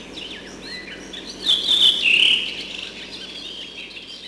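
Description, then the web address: Redwing song: one short, loud warbling phrase midway through, set against a steady wash of thin, high chirps from other birds. Spring. "vremena vesna. drozd belobrovik"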